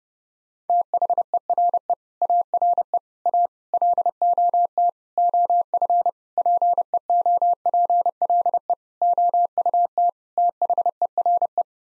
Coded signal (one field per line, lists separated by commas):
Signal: Morse code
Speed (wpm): 30 wpm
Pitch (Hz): 700 Hz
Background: none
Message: THERE ARE A LOT OF PEOPLE OUT THERE